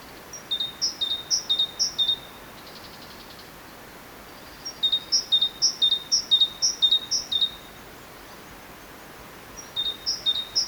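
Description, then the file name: Great tit song, three bursts of repeated two-note whistles, each phrase a high note dropping to a lower one, with pauses between bursts. "Parus major"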